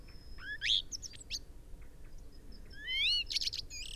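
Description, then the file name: Common blackbird gives upward-sweeping whistles and thin high squeaks in two short bursts, a low rumbling background beneath. "Turdus merula"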